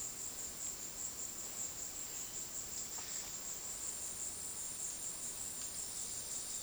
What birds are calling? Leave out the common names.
none